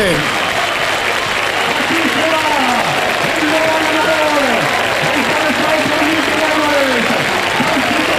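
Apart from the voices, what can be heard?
stadium crowd applauding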